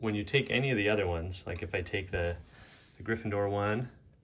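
Someone talks while handling the Gryffindor wand, a wooden wand from a wooden puzzle chest, at its hole in the chest. No click is heard, and nothing has seated or clicked yet.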